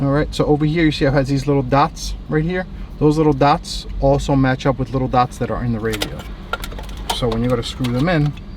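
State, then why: Not seated. A metal side mounting bracket for an aftermarket radio in a 2007-2011 Toyota Camry is handled against the radio chassis, lining up its raised locating dots with the matching dots on the radio body. Someone talks throughout, and a few brief metallic taps and knocks are heard near the end. Nothing has seated yet.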